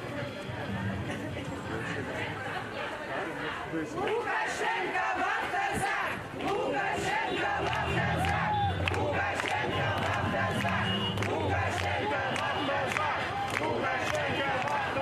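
A protest crowd in Belarus fills the recording with dense, overlapping voices, shouting and chanting without pause. The noise holds steady throughout, briefly dipping just after six seconds before surging back, with sharp shouts and whistles cutting through the constant din.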